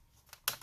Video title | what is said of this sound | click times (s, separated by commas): MSI GS63 Stealth 8RE Complete Disassembly RAM SSD Hard Drive Upgrade Repair Noisy Fan Fix | so you can hear the pops okay | 0.5 s